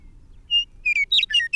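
A bird gives a short song: a clean whistled note, then quick bright slurred chirps in a tumbling series, cut off mid-phrase.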